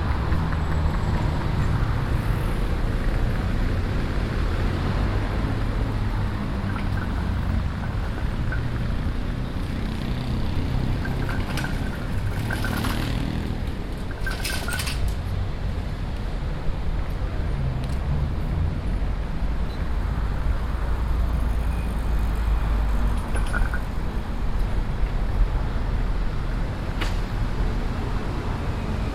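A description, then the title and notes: A busy Amsterdam street with a steady, dense rumble of passing traffic and low engine drone throughout. Brief clattering and clicking sounds cut through now and then, clustered around the middle and again near the end, over a constant wash of street noise. Amsterdam Street Sounds.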